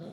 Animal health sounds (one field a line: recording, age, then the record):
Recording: pig call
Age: piglet (1 to 25 days)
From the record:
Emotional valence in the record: negative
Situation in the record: short isolation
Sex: male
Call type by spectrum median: low-frequency call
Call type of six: low-frequency tonal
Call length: 0.13 s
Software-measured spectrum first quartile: 190 Hz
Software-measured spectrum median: 334 Hz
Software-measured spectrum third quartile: 618 Hz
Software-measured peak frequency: 182 Hz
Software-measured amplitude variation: 75 dB a second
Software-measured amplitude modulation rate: 15.0 a second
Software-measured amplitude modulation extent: 5.0 dB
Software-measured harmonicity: 3.8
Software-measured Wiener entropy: 0.03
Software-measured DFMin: 1259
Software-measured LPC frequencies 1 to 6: 511, 1344, 3437, 4120, 5470, 6538 Hz